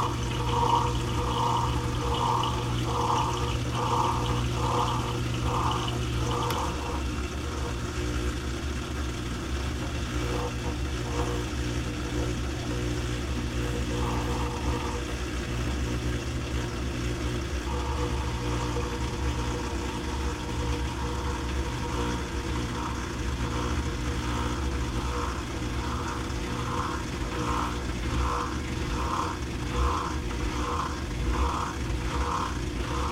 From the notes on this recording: The sound of a loud, obnoxious dishwasher cycle.